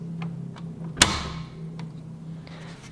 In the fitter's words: you can push the whole thing in there and you can also hear a click when it 's in